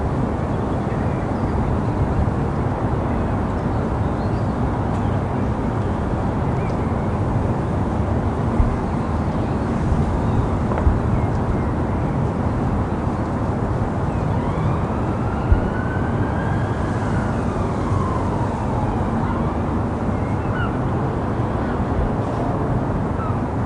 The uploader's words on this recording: Rooftop Sounds of London. The centre of London. You only hear the filtered sounds of a rooftop listening moment.